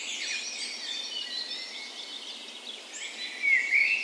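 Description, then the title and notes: Birds in a dawn chorus, soft layered high twittering, then a louder clear whistled phrase near the end. Spring dawn chorus recorded in a park west in Bergen, Norway, on the morning of 17 May, Norway's National Day; Sony PCM A10 recorder with LOM Usi microphones as tree ears. "17th Of May Dawn Chorus. Recorded on the morning of Norways National Day the 17th of May in a park west in Bergen. Spring is in full effect, and the dawn chorus sounds wonderful!"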